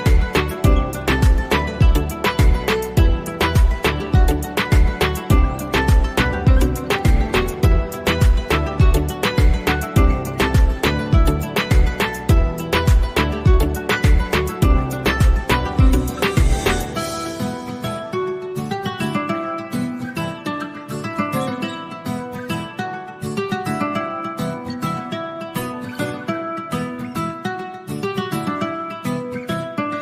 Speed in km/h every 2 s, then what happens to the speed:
96, 95, 95, 95, 95, 95, 95, 95, 95, 95, 95, 94, 95, 94, 94.
0-30 steady at about 95.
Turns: none.